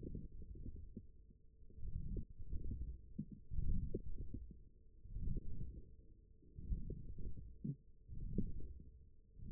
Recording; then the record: forearm muscle sounds (acoustic myography)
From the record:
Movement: forearm pronation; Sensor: system 1, eight BSWA MPA416 microphones around the upper forearm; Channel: 1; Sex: male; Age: 21 years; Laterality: right